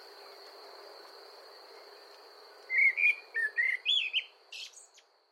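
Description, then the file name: Common blackbird delivering a short warbled phrase of mellow, fluted notes, ending in a thin scratchy twitter, against a steady background hiss. "Amsel Gesang"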